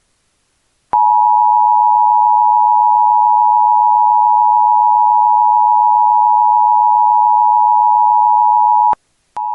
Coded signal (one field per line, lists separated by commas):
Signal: Emergency Alert System (SAME) tones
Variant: 853 and 960 Hz attention tone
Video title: EAS | Civil Danger Warning | All of Hawaii | Tsunami Emergency Message